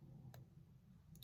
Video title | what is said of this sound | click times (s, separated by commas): Omega sea master 300m professional white dial watch review. | and then once it's you hear a pop that's when it's Unwound you pull it to the first position | 1.2 s